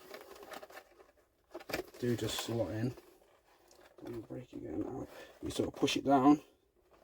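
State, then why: Not seated. A replacement filter for a Trend AIRSHIELD PRO powered air-purifying face shield is handled and pushed down toward its plastic filter housing while someone talks, with a few short, sharp handling knocks. Nothing has seated or clicked yet; the clip ends before the filter goes home.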